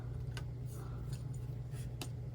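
A 2 TB M.2 SSD is pushed into its storage slot in a Lenovo ThinkPad Z16 laptop, replacing a 256 drive. Several small taps come at about 0.4, 1.1 and 1.3 seconds over a steady low hum. A sharp final click at 2.0 seconds marks the drive seating in place.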